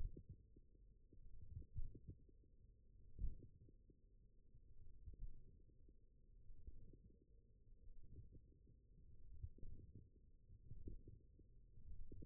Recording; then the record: forearm muscle sounds (acoustic myography)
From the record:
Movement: wrist extension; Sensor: system 1, eight BSWA MPA416 microphones around the upper forearm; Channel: 7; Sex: male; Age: 20 years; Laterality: left